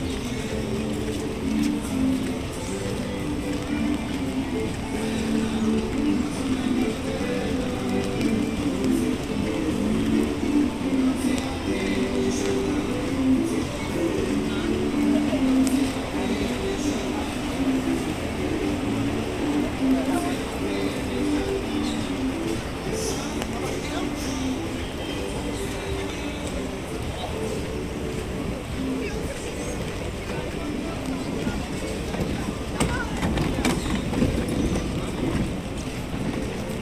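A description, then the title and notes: A walk through a theme park carries a steady crowd murmur of voices, a low vehicle rumble underneath, and scattered clatters near the end. Take a walk through Animal Kingdom park in Walt Disney World. Get ready to hear all the sounds from Pandora, Africa, Asia, Dinoland and the Island of Discovery as we walk through this amazing, lush park.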